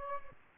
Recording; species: mosquito wingbeat signal from an infrared sensor; Aedes albopictus